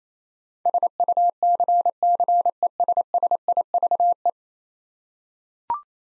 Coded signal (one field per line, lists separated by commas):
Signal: Morse code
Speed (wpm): 28 wpm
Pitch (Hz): 700 Hz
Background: none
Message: SUCCESSIVE